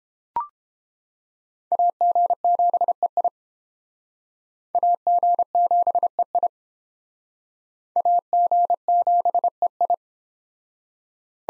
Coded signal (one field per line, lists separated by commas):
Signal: Morse code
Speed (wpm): 30 wpm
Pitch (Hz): 700 Hz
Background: none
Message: AG7EI AG7EI AG7EI